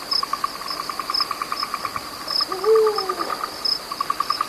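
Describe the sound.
Eurasian eagle-owl giving a single arched call that rises then falls, roughly a second long, over constant high chirping insects and a pulsing mid-pitched insect trill.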